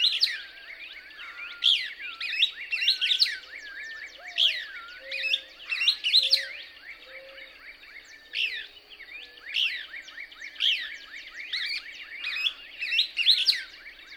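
Couch's Kingbird twittering song: dense bursts of high, sharp chirps and rising notes roughly every second, with soft low whistles underneath.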